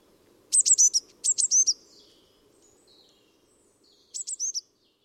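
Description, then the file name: Eurasian blue tit giving rapid high chittering notes in two quick bursts, a softer note or two in between, then a fainter burst of four notes near the end. "Cyanistes caeruleus"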